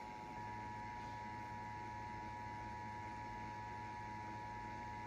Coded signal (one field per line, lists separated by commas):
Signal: Emergency Alert System (SAME) tones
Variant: 853 and 960 Hz attention tone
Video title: Catchup and Mustard EAS Alerts (EAS 61-70)